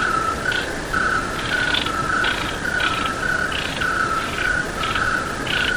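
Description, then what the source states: Crickets chirping: a steady, pulsing mid-pitched trill runs throughout, with several brief higher buzzy bursts over a constant background hiss. Night sounds with crickets.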